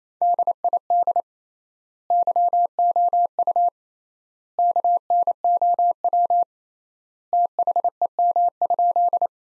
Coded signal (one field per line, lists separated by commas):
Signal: Morse code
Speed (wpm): 27 wpm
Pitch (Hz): 700 Hz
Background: none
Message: DID YOU KNOW THEM?